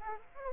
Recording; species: mosquito wingbeat signal from an infrared sensor; Aedes aegypti